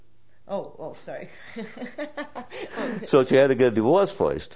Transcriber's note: laughs